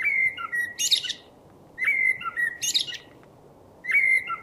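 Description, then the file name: Common blackbird delivering short repeated phrases, each a clear level whistle with a lower dip, capped by a brief scratchy squeak, roughly every two seconds. "Turdus merula"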